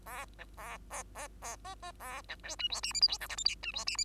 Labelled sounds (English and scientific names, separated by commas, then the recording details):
Bengalese Finch (Lonchura striata domestica) song
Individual Bird2